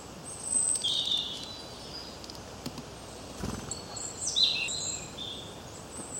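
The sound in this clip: Birds chirping, two bursts of high twittering notes, one near the start and one after the middle, with quiet hiss between.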